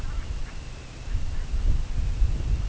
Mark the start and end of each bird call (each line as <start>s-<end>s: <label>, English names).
0.10s-0.57s: Brent Goose
1.03s-1.69s: Brent Goose